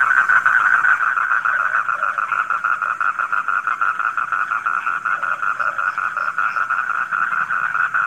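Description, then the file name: Frog chorus opening with a louder burst of croaks, then settling into a rapid, steady pulsing drone of many overlapping callers. Frogs recorded at night. "suara kodok di malam hari"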